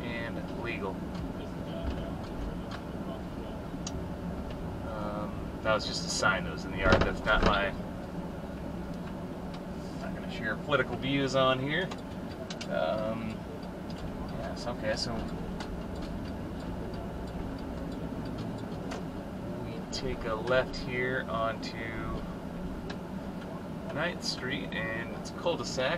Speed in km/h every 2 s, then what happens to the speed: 23, 24, 24, 23, 19, 11, 8, 11, 15, 18, 19, 19, 18.
0-7 steady at about 23. 7-11 brakes to 8. 11-20 speeds up to 19. 20-26 steady at about 19.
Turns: 11-19.